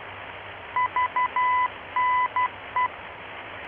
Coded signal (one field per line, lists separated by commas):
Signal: Morse code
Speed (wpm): 12 wpm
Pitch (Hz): 1000 Hz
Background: none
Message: VNE